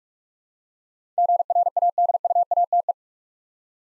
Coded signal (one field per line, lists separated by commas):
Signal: Morse code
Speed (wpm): 41 wpm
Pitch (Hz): 700 Hz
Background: none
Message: GRADUATE